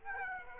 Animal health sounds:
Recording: mosquito wingbeat signal from an infrared sensor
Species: Aedes aegypti

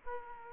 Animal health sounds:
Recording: mosquito wingbeat signal from an infrared sensor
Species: Aedes aegypti

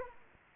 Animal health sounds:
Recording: mosquito wingbeat signal from an infrared sensor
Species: Anopheles arabiensis

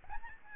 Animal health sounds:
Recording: mosquito wingbeat signal from an infrared sensor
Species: Aedes albopictus

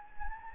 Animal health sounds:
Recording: mosquito wingbeat signal from an infrared sensor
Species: Anopheles gambiae

